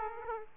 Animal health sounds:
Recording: mosquito wingbeat signal from an infrared sensor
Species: Aedes aegypti

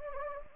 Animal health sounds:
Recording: mosquito wingbeat signal from an infrared sensor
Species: Anopheles gambiae

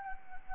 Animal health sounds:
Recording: mosquito wingbeat signal from an infrared sensor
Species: Anopheles arabiensis

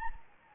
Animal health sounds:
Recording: mosquito wingbeat signal from an infrared sensor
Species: Anopheles gambiae

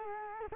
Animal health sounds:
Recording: mosquito wingbeat signal from an infrared sensor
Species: Culex quinquefasciatus

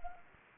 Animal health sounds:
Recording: mosquito wingbeat signal from an infrared sensor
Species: Anopheles arabiensis

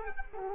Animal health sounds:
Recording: mosquito wingbeat signal from an infrared sensor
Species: Culex quinquefasciatus

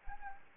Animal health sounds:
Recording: mosquito wingbeat signal from an infrared sensor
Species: Anopheles arabiensis

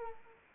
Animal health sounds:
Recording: mosquito wingbeat signal from an infrared sensor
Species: Anopheles arabiensis

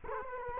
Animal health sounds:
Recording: mosquito wingbeat signal from an infrared sensor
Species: Culex quinquefasciatus

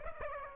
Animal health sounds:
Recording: mosquito wingbeat signal from an infrared sensor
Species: Aedes aegypti

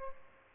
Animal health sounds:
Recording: mosquito wingbeat signal from an infrared sensor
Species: Aedes albopictus

